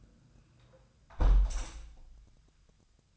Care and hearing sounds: daily activity, microphone in the room; close window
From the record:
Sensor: 2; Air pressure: 1004.5 hPa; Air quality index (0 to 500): 104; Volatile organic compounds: 2 ppm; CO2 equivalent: 1250 ppm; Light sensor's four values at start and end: 6/14/6/6 and 6/14/5/5

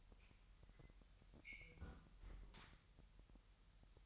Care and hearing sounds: daily activity, microphone in the room; close fridge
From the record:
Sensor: 3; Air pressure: 1001.9 hPa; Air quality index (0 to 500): 247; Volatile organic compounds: 51 ppm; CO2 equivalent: 3316 ppm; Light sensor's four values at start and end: 12/36/16/13 and 12/36/16/13

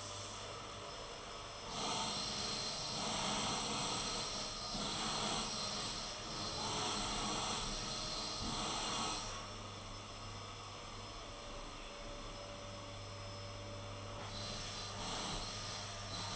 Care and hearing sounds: daily activity, microphone in the room; vacuum cleaning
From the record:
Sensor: 4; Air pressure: 991.8 hPa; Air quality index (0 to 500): 113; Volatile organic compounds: 20 ppm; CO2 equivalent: 2690 ppm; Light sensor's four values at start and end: 19/63/23/23 and 19/63/23/23

